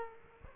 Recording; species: mosquito wingbeat signal from an infrared sensor; Aedes aegypti